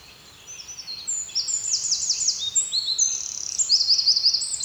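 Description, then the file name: Eurasian wren delivering loud, high-pitched warbling with sweeping notes and a rapid trill near the end, over faint background hiss. "Troglodytes troglodytes"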